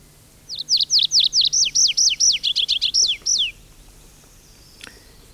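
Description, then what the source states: Tree Pipit song: a quick run of many high, slurred, downward-swept notes over about three seconds, ending in a longer descending note, then quiet. One of the commonest forest singers, typical of pine forest; early June morning in Finland; sings from high treetops and in song flight, giving its longest phrases in flight.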